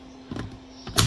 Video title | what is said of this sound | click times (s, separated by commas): Update - 10" DVC subwoofer portable Bluetooth speaker | clicks right in real cool | 0.4 s, 0.9 s